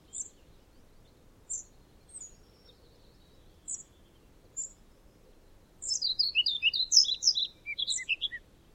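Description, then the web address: European pied flycatcher singing a rapid phrase of high notes at the end, preceded by several isolated thin high notes. "Aktivitetsbanken. Fuglelyder Svarthvit fluesnapper"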